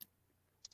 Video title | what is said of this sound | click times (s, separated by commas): Live Vintage Sale & Chat with Vintage Viking Treasures-Becky - Nov 12, 2022 @10pm et (7pm pt) | so it just pops right in there | 0.7 s